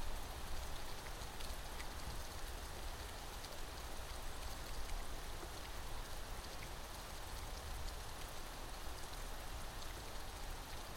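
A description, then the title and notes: Heavy storm rain pours down in a steady, dense hiss with faint scattered ticks of drops and a low rumbling undertone throughout. September Thunderstorm.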